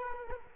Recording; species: mosquito wingbeat signal from an infrared sensor; Culex quinquefasciatus